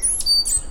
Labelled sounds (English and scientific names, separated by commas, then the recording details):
Stitchbird (Notiomystis cincta) song
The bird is a male
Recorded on Tiritiri Matangi Island, New Zealand, in 2005
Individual 1, of nest box 1